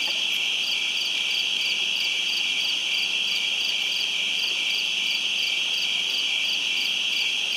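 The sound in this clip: Crickets chirping: a dense, unbroken high-pitched ringing chorus with a faster pulsing layer above it, steady throughout.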